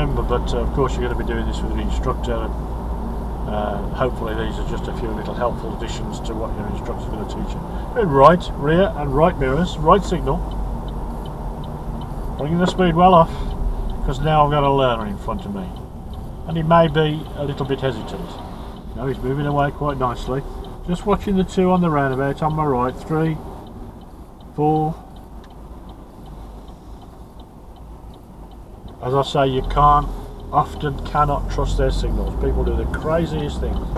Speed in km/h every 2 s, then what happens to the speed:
35, 35, 34, 34, 32, 31, 26, 18, 11, 6, 6, 5, 0, 0, 0, 0, 0.
0-10 steady at about 34. 10-17 brakes to 6. 21-23 slows to 0. 23-32 standing.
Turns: none.